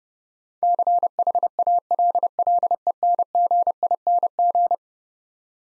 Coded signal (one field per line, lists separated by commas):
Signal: Morse code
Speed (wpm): 30 wpm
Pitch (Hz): 700 Hz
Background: none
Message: CHALLENGING